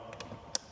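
A fuel discharge hose connector is pushed onto the bottom fitting of a fuel pump. Two faint ticks at about 0.1 and 0.2 seconds lead to one sharp, bright click at 0.6 seconds. The connector is seated.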